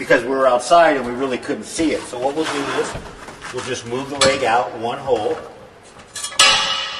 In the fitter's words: you can hear it snap back in you do want to do it on both sides